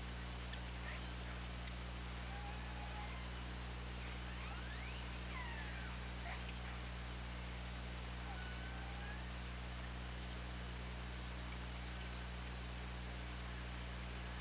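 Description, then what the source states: Orca calls: sweeping, bending tones scattered through, clustered in the middle, some rising and some falling, over constant hiss and low hum. Recorded at Orca Lab on 24 August 2017 at 20:15.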